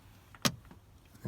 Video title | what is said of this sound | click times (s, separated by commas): Citroën C4 Picasso Front Springs and Steering Bearing Replacement | push it until it clicks | 0.3 s